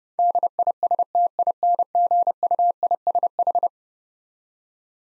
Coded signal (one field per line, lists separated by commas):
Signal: Morse code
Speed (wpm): 32 wpm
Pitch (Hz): 700 Hz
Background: none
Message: DISTINGUISH